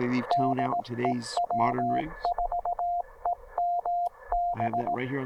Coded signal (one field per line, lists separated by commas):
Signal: Morse code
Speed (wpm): 17 wpm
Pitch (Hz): 700 Hz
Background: speech, radio noise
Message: DE W4EMB